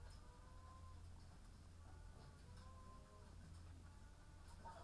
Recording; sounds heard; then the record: poultry house recording; sick chickens (respiratory disease)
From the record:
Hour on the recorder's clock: 15